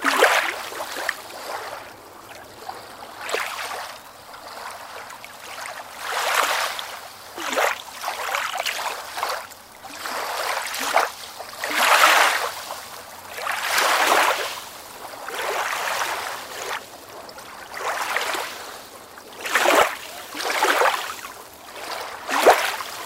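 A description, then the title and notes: Water laps against the pillars of a pier in soft, repeated surges, each swell rising and falling every couple of seconds with a hissing splash. The sound is fairly bright, with a faint low hum steady underneath throughout. Water Under the Pier. The peaceful sounds of water lapping against the pillars of a pier.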